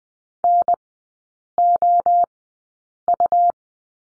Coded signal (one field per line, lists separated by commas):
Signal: Morse code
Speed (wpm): 20 wpm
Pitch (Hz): 700 Hz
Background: none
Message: NOU